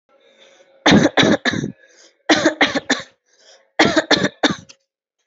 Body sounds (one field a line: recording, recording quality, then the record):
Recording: shallow voluntary cough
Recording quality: excellent, no background noise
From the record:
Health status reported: respiratory illness, not identified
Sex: female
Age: 26 years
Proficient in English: yes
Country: India